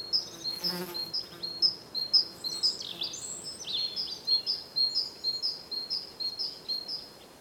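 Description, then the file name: European robin repeating high, clipped notes about twice a second, with a short twittering jumble midway. "Erithacus rubecula"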